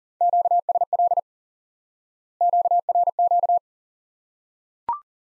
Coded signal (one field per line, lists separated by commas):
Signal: Morse code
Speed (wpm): 38 wpm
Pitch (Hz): 700 Hz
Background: none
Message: QSL QRQ